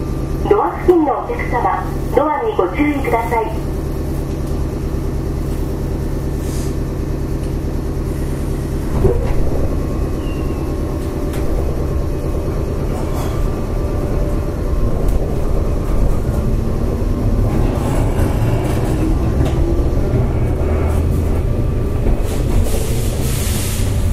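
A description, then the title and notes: A JR West 105 series electric train running, with a steady low rumble and hum throughout. In the first few seconds a voice speaks over it, then the motor whine rises and shifts in pitch from about nine seconds on, with occasional clicks and rattles. JR西日本 105系電車の走行音です。 万葉まほろば線（桜井線）のワンマン普通列車で録音しました。 区間は、奈良から畝傍までです。 Running sound of JR West 105 series train.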